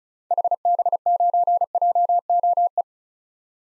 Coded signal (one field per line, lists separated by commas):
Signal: Morse code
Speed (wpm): 36 wpm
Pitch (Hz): 700 Hz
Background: none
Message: HB9JOE